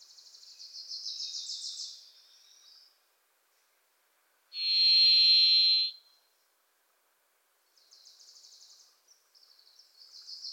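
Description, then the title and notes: Varied thrush gives a single sustained, burry whistled tone lasting about a second and a half, between bursts of quick chattering trills from a second songbird. Pacific Northwest forest; a Wilson's Warbler sings alongside, as if urging the thrush to come forward. "The Varied Thrush, Ixoreus naevius, is a wisp in the forests of the Pacific Northwest."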